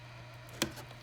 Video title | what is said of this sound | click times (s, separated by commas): How to upgrade a Lenovo Ideapad 110 series - FULL disassembly | until I hear it pop. And as you can see, I can tug on it. | 0.6 s